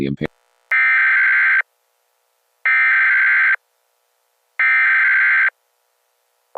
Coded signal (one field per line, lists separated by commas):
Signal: Emergency Alert System (SAME) tones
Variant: header bursts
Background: speech